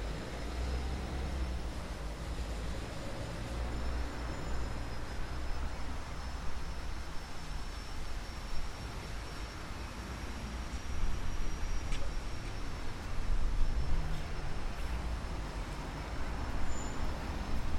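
Steady street-side traffic rumbles throughout, a dense low drone of vehicles with no quiet gaps. A faint thin whine runs high above it, a brief sharp tick lands near the twelve-second mark, and the rumble swells slightly around thirteen to fourteen seconds.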